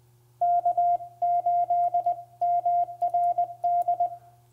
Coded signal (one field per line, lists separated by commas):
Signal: Morse code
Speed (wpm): 20 wpm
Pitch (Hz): 700 Hz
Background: none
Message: K8MRD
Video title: Top 10 Innovative Ham Radio Accessories For QRP In 10 Minutes